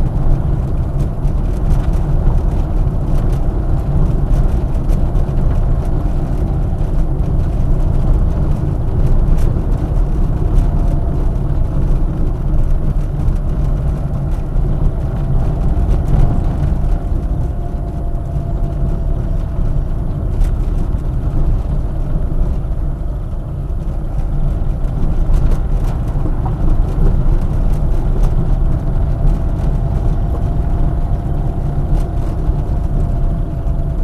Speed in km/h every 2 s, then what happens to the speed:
35, 33, 32, 32, 32, 27, 27, 31, 31, 29, 27, 28, 30, 31, 30, 29, 26.
0-29 steady at about 31.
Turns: none.